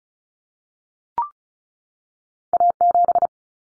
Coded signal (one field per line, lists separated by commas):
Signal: Morse code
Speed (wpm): 34 wpm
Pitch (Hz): 700 Hz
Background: none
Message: A7